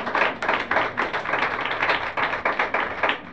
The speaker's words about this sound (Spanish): Amén. Eso, aplauda. Yo aplaudir, aplauda.